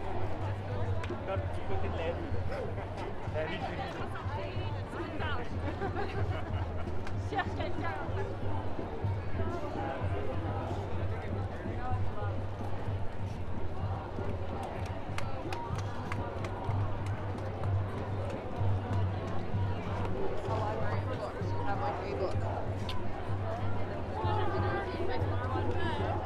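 Street protest ambience, a dense, steady wash of many overlapping voices chattering and calling out with no pause. A constant low hum runs underneath throughout, and brief sharper sounds, like shouts or knocks, flick through the crowd noise every few seconds, especially in the second half.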